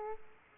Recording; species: mosquito wingbeat signal from an infrared sensor; Aedes aegypti